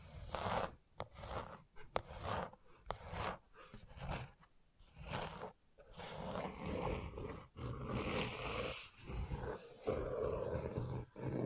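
Gentle scratching in uneven rough strokes, each lasting about a second, with brief pauses, a few sharp clicks, and a low rumble underneath.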